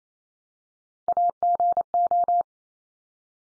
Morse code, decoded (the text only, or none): AGO